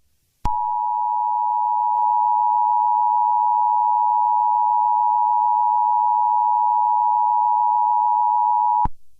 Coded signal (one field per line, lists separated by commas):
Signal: Emergency Alert System (SAME) tones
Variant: 853 and 960 Hz attention tone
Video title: Eas Scenario: The Dog! (part 2)